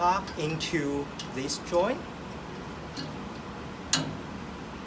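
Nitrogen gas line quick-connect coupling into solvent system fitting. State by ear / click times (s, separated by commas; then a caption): seated / 3.9 s. A nitrogen gas line's quick-connect coupling is pushed into its fitting on a solvent purification system while someone talks. A single sharp click lands at 3.9 s, and the coupling is seated and connected.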